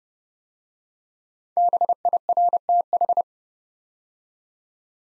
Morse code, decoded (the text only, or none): BIRTH